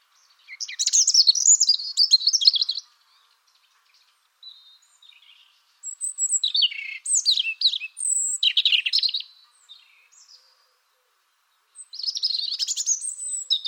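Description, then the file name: European robin song: three bursts of high, liquid warbling and thin whistles separated by short silences. "Erithacus rubecula"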